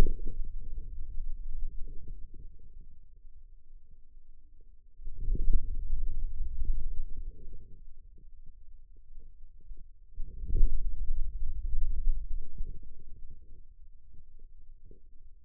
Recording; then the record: forearm muscle sounds (acoustic myography)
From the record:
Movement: hand closing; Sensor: system 2, bracelet of six BSWA MPA416 microphones around the upper forearm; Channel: 6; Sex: male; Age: 22 years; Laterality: right